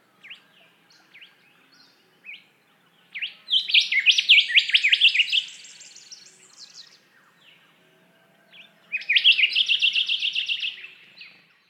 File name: Rufous Whistler Pachycephala rufiventris